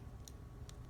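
A smartphone's rear camera module is pushed into its slot on the logic board or frame, giving two short, bright clicks at 0.3 and 0.7 seconds over a steady low rumble. The module snaps into place and is seated.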